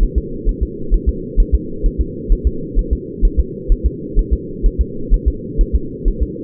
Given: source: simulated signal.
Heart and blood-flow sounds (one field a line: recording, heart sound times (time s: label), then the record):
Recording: fetal heart sounds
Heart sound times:
0.03 s: S1
0.18 s: S2
0.49 s: S1
0.63 s: S2
0.94 s: S1
1.09 s: S2
1.40 s: S1
1.55 s: S2
1.86 s: S1
2.01 s: S2
2.33 s: S1
2.47 s: S2
2.79 s: S1
2.93 s: S2
3.25 s: S1
3.40 s: S2
3.72 s: S1
3.86 s: S2
4.19 s: S1
4.33 s: S2
4.66 s: S1
4.81 s: S2
5.14 s: S1
5.28 s: S2
5.61 s: S1
5.75 s: S2
6.08 s: S1
6.22 s: S2
From the record:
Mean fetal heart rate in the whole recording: 130 bpm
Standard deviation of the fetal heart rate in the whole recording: 2 bpm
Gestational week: 38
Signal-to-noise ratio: -4.3 dB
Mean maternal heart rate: 72 bpm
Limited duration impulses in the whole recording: absent